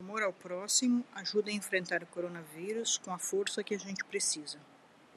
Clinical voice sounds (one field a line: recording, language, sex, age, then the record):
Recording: spoken sentence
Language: Brazilian Portuguese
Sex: female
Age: 40 to 49 years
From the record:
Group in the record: control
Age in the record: 48 years